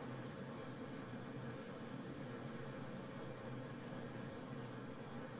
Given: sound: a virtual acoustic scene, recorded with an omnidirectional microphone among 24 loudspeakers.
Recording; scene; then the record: noise of the scene; olnoise from 90 degrees (S0N90)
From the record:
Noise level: 65 dB SPL